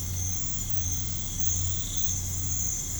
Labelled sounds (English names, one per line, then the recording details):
none
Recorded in pastures near Puerto Asís, Putumayo, Colombia, on 15 December 2024 at 00:00
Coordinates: 0.505, -76.324
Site G063